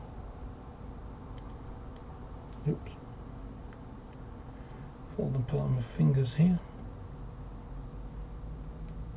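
A small plastic part, apparently a cover or underframe piece, is handled and pressed toward the body of a model Class 90 locomotive, with faint ticks of handling over a steady low background while someone talks. Nothing has seated or clicked into place yet.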